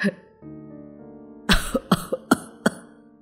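A low, strained groan gives way to an old man's heavy hacking cough: a rapid fit of about six harsh, rasping bursts in quick succession, loud and chesty.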